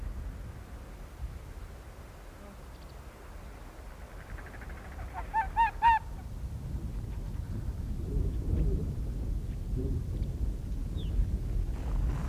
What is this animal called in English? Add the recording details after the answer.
Arctic Fox. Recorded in the wild. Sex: male. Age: adult. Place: Insel Mednyi, Kommandeur-Inseln, RU. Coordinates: 54.5167, 168.083. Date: 1999-06-29 18:08. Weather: gute Sicht, 7°C, fast windstill. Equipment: Sony WM-D6C, Sennheiser MKH 70, Windkorb, Kopie Sony TCD-D8. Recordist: Frommolt, Karl-Heinz